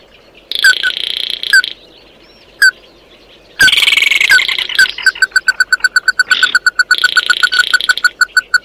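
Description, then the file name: Bird sounds: harsh buzzy rasps and lone chips first, then a fast, steady series of short clucking notes toward the end. "Tieng chim mat do"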